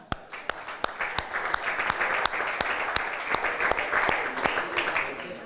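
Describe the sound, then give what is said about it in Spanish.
An audience breaks into steady applause for the youngest person present, a dense wash of many hands clapping with a few sharper individual claps standing out, sustained at an even level throughout. “Y ahora vamos a ver quién es el más joven para aplaudirle también. Creo que aquí está. A ver, un aplauso.”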